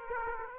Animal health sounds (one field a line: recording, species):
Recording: mosquito wingbeat signal from an infrared sensor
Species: Aedes aegypti